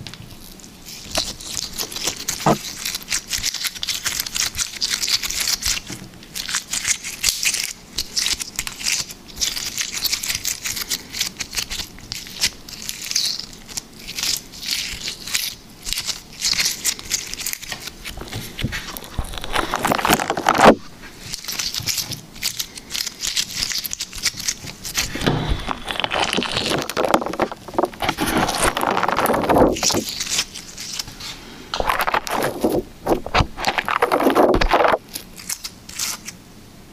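Liquid slime being squished and stretched, a dense run of wet crackles and sticky pops that goes on almost without pause. Bright, crisp snaps dominate, with heavier squelching bursts around 20, 25–29 and 32–35 seconds.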